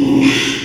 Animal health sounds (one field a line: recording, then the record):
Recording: squeal of a Yucatan mini pig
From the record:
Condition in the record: after surgery on the right vocal fold (resection and tissue-engineered implant)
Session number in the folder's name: 1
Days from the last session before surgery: 6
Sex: male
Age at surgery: 12 weeks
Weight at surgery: 13 kg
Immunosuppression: cyclosporine, prednisolone